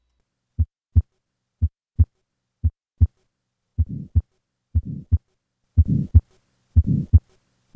The combined murmurs of subpulmonic stenosis and pulmonic insufficiency. Tetralogy of Fallot.